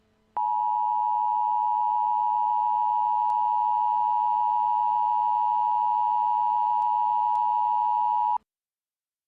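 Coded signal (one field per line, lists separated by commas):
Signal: Emergency Alert System (SAME) tones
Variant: 853 and 960 Hz attention tone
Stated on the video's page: EAS scenario made for fun, part of the SCP:CB soundtrack; SAME tones of uncertain validity.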